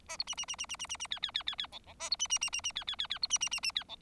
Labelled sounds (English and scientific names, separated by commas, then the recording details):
Bengalese Finch (Lonchura striata domestica) song
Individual Bird4